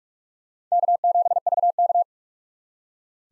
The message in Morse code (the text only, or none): K7VK